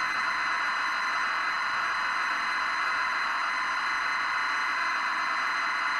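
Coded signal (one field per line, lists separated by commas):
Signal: ZX Spectrum tape loading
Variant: 48k ZX Spectrum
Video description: Featuring real time loading from cassette tape on a 48k ZX Spectrum. Previously untested 24 year old tape.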